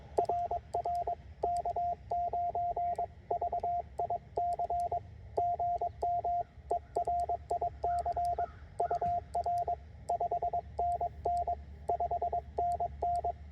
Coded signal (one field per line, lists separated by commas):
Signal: Morse code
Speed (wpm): 22 wpm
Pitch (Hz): 690 Hz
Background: radio noise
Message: RR K9VIC GM ERIC UR 5NN 5NN